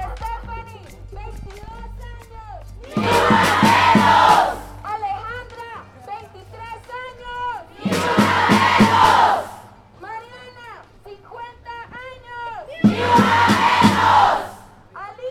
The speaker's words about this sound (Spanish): Hoy, como ayer, como hace un mes, como hace un año, volvemos a tomar las calles para gritar en una sola voz: ¡basta ya! ¡Ni una menos! ¡Vivas nos queremos!